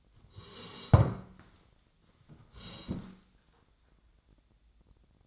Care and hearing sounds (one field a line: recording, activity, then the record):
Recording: daily activity, microphone in the room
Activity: sit down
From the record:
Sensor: 3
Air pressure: 1012.3 hPa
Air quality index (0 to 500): 172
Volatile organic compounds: 3 ppm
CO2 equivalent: 1324 ppm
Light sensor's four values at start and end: 100/220/109/121 and 111/239/118/130